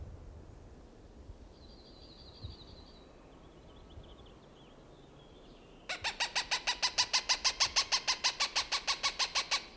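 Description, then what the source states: Cooper's hawk bursts into a fast, even series of harsh cak notes after a quiet start with a faint high trill. Recorded June 21, 1995.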